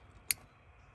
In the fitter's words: now you just want to put the connector back on and you should hear click when it's in place